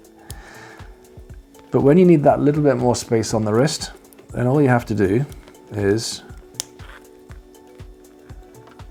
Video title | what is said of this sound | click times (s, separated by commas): Wrist time.. Rolex Explorer II 40 or 42mm? | solid steel you can just see how much more thicker it is and a really nice click when it shuts | 0.3 s